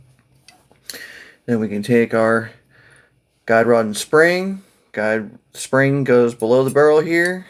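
A Beretta 92FS pistol barrel, with its locking block facing up, is dropped into its slot in the slide and pushed back, locking into place by itself with a sharp click at 0.9 s after a few faint ticks. Someone then talks.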